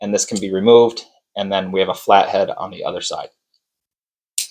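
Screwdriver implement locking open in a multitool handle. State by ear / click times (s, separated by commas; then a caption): seated / 4.4 s. Someone talks while showing a multitool's removable Phillips/flathead screwdriver bit. At 4.4 s, the screwdriver arm snaps open into its locked position in the multitool handle with a sharp metal click, and everything locks in place.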